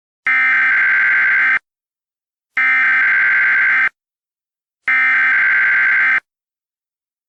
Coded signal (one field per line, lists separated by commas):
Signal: Emergency Alert System (SAME) tones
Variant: header bursts